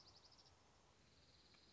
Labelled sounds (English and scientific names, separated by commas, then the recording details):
Dark-eyed Junco (Junco hyemalis)
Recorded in Sonoma County, California